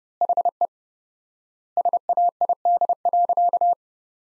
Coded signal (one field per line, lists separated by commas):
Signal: Morse code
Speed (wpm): 29 wpm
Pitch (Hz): 700 Hz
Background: none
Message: HE SAID.